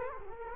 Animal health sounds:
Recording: mosquito wingbeat signal from an infrared sensor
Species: Culex quinquefasciatus

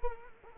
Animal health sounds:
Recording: mosquito wingbeat signal from an infrared sensor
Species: Culex quinquefasciatus

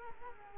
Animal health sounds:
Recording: mosquito wingbeat signal from an infrared sensor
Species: Culex quinquefasciatus

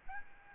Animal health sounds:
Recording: mosquito wingbeat signal from an infrared sensor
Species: Aedes albopictus

